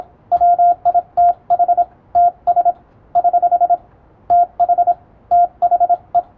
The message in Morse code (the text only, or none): WITH TS <HH> TH THE